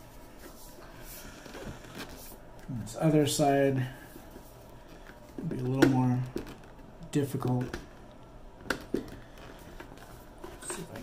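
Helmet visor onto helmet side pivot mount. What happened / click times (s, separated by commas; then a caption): Handled, not yet home: the part is being worked into place but no seating is confirmed / none. Someone talks while handling the second side of a Ruroc Atlas 3.0 helmet visor, working it toward the plastic side pivot mount on the helmet. Brief taps and rustles from the handling are heard, with a sharp tick around 8.7 s. Nothing has seated or snapped into place yet.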